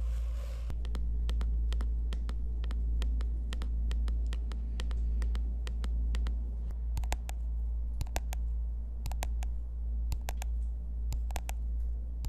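Fingernails and finger pads tap on objects in crisp, sharp clicks at an uneven pace, often in quick doubles and short bursts that grow brighter and more clustered after the midpoint. A steady low hum runs underneath the whole time.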